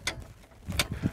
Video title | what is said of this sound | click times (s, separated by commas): Tembo Tusk LoadSpotter | such and with this simple motion pops up in place very easy to do | 0.1 s, 0.8 s